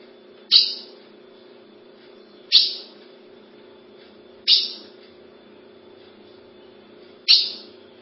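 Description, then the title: Ultramarine grosbeak repeating four sharp, ringing call notes about two to three seconds apart, with a low hum throughout. "Azulao"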